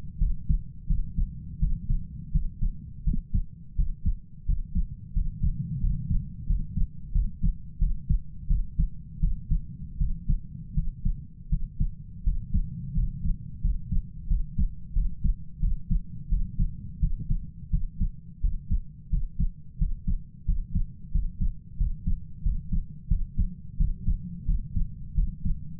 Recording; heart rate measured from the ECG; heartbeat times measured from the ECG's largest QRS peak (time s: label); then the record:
heart sounds by stethoscope; 87 bpm
0.19 s: heartbeat
0.87 s: heartbeat
1.59 s: heartbeat
2.32 s: heartbeat
3.04 s: heartbeat
3.76 s: heartbeat
4.46 s: heartbeat
5.13 s: heartbeat
5.81 s: heartbeat
6.47 s: heartbeat
7.12 s: heartbeat
7.79 s: heartbeat
8.47 s: heartbeat
9.20 s: heartbeat
9.98 s: heartbeat
10.74 s: heartbeat
11.49 s: heartbeat
12.24 s: heartbeat
12.94 s: heartbeat
13.61 s: heartbeat
14.28 s: heartbeat
14.93 s: heartbeat
15.60 s: heartbeat
16.29 s: heartbeat
17.00 s: heartbeat
17.70 s: heartbeat
18.41 s: heartbeat
19.10 s: heartbeat
19.78 s: heartbeat
20.45 s: heartbeat
21.12 s: heartbeat
21.77 s: heartbeat
22.43 s: heartbeat
23.08 s: heartbeat
23.77 s: heartbeat
24.46 s: heartbeat
25.15 s: heartbeat
From the record:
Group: healthy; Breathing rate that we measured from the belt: 8 breaths a minute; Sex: male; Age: 33 years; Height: 179 cm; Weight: 80.4 kg